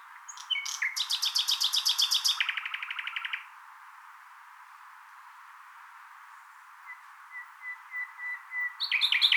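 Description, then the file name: Common nightingale song: a long, rapid trill dropping to a lower rattle, then a gap of soft piping notes growing louder before another fast burst. "Luscinia megarhynchos"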